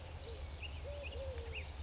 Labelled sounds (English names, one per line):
Eurasian Collared Dove